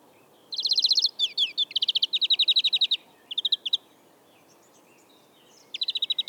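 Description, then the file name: European greenfinch song: fast trills of repeated high notes in bursts, a pause, then a short trill and another trill at the end. "Chloris chloris"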